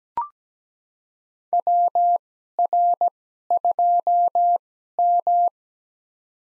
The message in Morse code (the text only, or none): WR2M